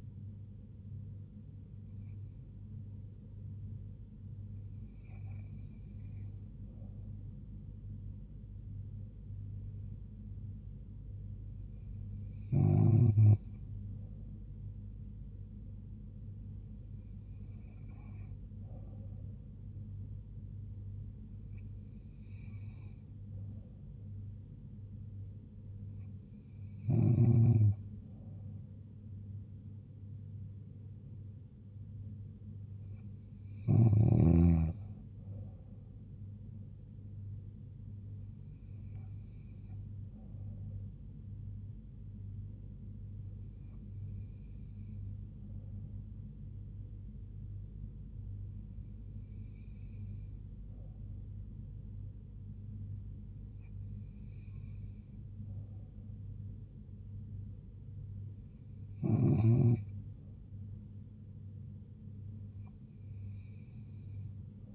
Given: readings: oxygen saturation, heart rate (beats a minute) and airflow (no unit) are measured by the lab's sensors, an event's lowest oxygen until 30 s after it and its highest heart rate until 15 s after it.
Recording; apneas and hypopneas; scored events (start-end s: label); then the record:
breathing in sleep by a smartphone at the bedside; none
none scored
From the record:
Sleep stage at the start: N2 (light sleep); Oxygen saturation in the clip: 94 to 95%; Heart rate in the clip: 66 to 76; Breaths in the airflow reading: 15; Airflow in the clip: -2.8 to 3.0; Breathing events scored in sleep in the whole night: 158 in 7.3 hours asleep